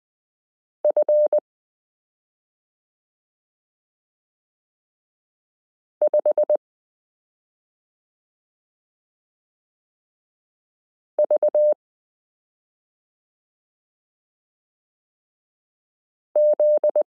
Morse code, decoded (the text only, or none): F 5 V Z